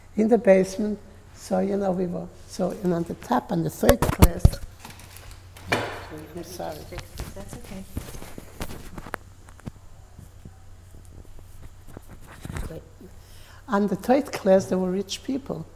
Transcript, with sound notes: In the basement so, you know, we were—so, you know, on the top, in the third class— (disturbance to the microphone) Sorry.
That's okay.
On the third class there were rich people.